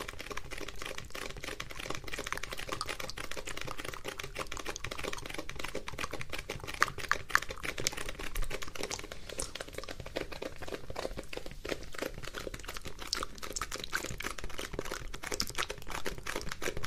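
Mouth sounds and sticky tapping fill the clip with a dense, continuous stream of small wet clicks and taps, crackling and crinkly in texture. The level stays fairly even throughout, with a few sharper clicks near the seven-second mark and no pauses.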